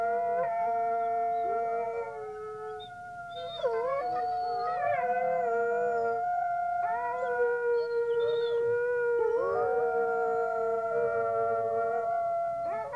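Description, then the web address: Wolf: wolves howling together: sustained, level howls in several pitches overlap, broken by sliding, quavering howls, continuing steadily for the whole stretch. "волки"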